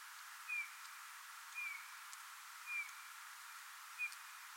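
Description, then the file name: Eurasian bullfinch giving soft, short, slightly falling piping whistles, four in a row roughly a second apart, over steady background hiss. "Pyrrhula pyrrhula"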